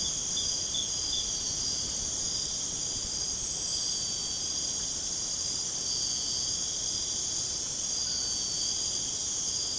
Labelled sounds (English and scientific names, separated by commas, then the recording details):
none
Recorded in pastures near Puerto Asís, Putumayo, Colombia, on 23 June 2025 at 00:00
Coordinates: 0.496, -76.326
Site GP01